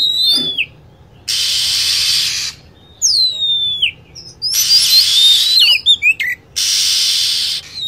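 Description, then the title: Lovebird calls: shrill chirps falling in pitch, given singly and in quick runs, with stretches of steady hiss in between. Lure sound played to attract lovebirds. "PIKAT BURUNG LOVEBIRD"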